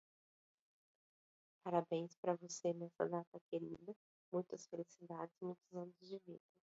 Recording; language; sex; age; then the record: short text; Brazilian Portuguese; female; 40 to 49 years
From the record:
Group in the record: control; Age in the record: 46 years